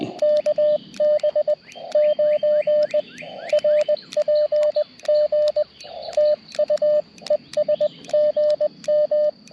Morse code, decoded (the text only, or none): KB9RPG TU ES GM